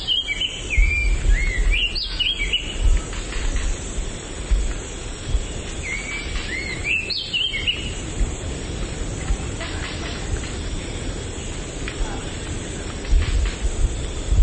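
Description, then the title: Oriental magpie-robin song: short bursts of bright whistled, slurred notes early on and again a few seconds later, over steady low rumbling background noise throughout. Subspecies musicus. "Oriental Magpie-Robin (Copsychus saularis musicus)"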